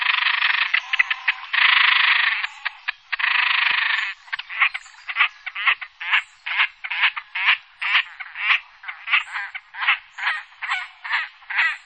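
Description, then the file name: Great crested grebe calls: long harsh grating bursts, then a steady series of rasping pulses. "fuut"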